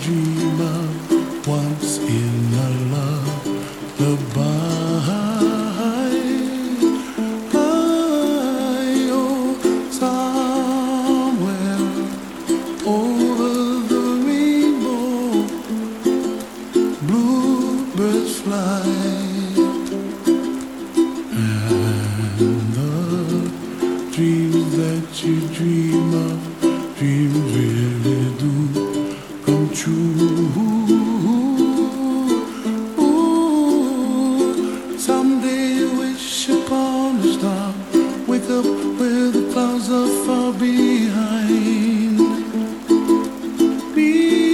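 A gentle melody of sustained, gliding notes plays steadily, with a soft, constant hiss of rain underneath throughout.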